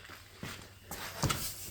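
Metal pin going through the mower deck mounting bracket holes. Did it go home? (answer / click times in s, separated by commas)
partly / 1.2 s, 1.3 s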